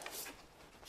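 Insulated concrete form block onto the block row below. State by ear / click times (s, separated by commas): not seated / none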